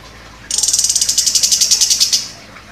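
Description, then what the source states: Orange-headed thrush giving a dry, buzzy rattle of many quick high-pitched pulses lasting under two seconds, then quiet. Described as gacor, actively singing.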